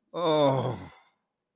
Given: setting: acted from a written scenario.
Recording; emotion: vocal sound without words; guilt